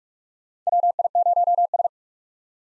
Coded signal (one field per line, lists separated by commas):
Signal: Morse code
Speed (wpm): 47 wpm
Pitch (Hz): 700 Hz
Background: none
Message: WI0S